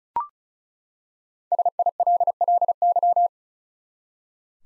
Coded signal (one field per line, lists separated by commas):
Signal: Morse code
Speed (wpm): 36 wpm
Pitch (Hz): 700 Hz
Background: none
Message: SILLY